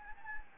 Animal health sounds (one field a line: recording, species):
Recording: mosquito wingbeat signal from an infrared sensor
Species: Anopheles gambiae